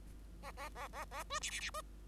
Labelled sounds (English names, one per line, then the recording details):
Bengalese Finch song
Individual Bird5